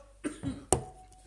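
Three short, sharp coughs in quick succession from an adult, a reflex coughing fit after being overwhelmed by the taste and smoke of inhaled vape. The adult is also somewhat ill, has been coughing for the past four weeks, not from corona, attributed to sitting in a constant draught at the workplace.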